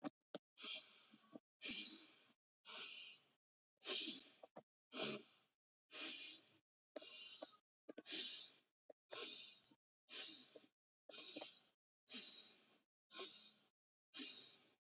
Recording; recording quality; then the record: shallow breathing; excellent, no background noise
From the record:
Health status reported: COVID-19 positive, no symptoms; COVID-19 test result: positive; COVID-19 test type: RT-PCR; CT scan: not taken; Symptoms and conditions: fever, fatigue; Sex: female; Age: 24 years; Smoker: no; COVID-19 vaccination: both doses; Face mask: not worn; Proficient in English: yes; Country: India